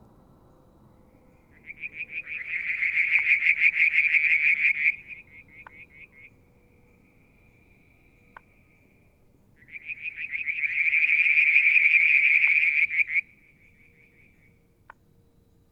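Two long, rapid trilling frog calls, each about three seconds, swell and fade around 2–5 and 10–13 seconds, with faint clicks between.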